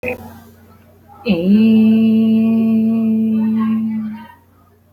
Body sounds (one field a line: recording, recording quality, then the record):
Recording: sustained vowel as in made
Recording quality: excellent, no background noise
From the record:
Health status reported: healthy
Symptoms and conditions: fever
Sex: female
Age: 27 years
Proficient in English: yes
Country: India